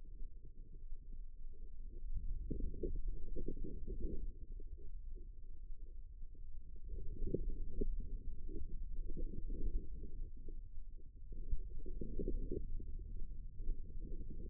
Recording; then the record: forearm muscle sounds (acoustic myography)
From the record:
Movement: ulnar deviation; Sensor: system 2, bracelet of six BSWA MPA416 microphones around the upper forearm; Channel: 4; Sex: female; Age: 25 years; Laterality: right